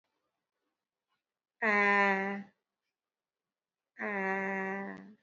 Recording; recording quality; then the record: sustained vowel as in made; excellent, no background noise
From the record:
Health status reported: recovered from COVID-19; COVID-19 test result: positive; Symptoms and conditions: cough, fever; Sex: female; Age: 54 years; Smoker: not ticked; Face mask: not worn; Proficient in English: yes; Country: India